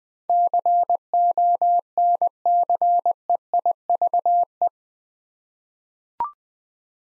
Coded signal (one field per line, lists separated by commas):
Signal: Morse code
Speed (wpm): 20 wpm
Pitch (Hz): 700 Hz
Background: none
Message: CONCEIVE